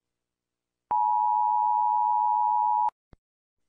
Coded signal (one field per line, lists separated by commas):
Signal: Emergency Alert System (SAME) tones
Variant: 853 and 960 Hz attention tone